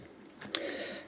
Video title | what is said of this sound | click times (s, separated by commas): Transformers Titanium Series Rodimus Prime review - CollectionDX | forearms, and you just got to line up all of the pipes on the bottom, and this all clicks into place. | 0.6 s